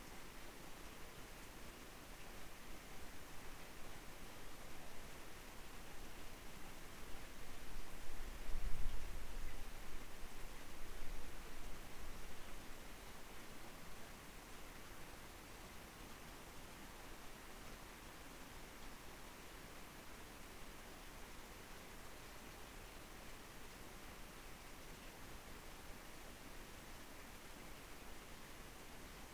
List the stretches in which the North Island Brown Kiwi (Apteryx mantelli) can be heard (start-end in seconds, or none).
none